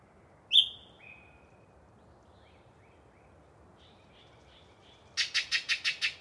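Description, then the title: Yellow-breasted chat: a high whistle and faint short notes, then six loud harsh notes in an even rhythm. Long pre-dawn singing session by one particularly chatty bird in deciduous cover. "A Very Chatty Yellow-breasted Chat"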